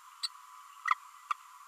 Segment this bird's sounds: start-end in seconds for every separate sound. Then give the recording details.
0.23-0.28, 0.90-0.94, 1.30-1.33. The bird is a male. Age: 33 days. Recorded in a nest box in Venezuela. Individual 17B32A6